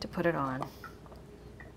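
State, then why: Seated. Someone talks briefly while a metal clasp on the back of a jewelry piece, a necklace or bracelet, is opened to put it on and then closed. A faint tick is heard at 1.1 s, followed by a louder, sharp click at 1.6 s as the clasp snaps shut and clicks in place.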